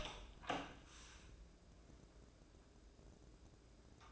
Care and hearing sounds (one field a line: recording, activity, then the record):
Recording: daily activity, microphone in the room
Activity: open door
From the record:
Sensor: 2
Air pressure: 1012.2 hPa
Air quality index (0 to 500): 162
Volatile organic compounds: 2 ppm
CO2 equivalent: 1182 ppm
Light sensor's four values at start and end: 326/812/329/342 and 329/820/332/345